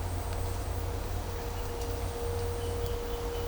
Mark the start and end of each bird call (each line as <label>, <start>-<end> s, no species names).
bird call, 2.58-3.47 s